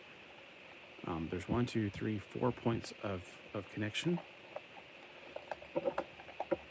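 A plastic brick sub-assembly from a toy dinosaur set is handled over a part with four connection points while someone talks, followed by a few short light taps and handling sounds. Nothing has seated or clicked yet; the section has not been pressed home onto the four studs.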